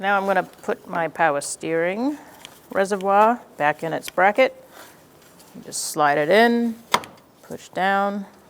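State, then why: Not seated. Someone talks while a plastic power steering reservoir is handled and slid into its mounting bracket on a 2007-2012 Nissan Altima 2.5L L4, ready to be pushed down. Brief handling noises break up the speech. The clip ends before the reservoir goes home, so nothing has seated or clicked yet.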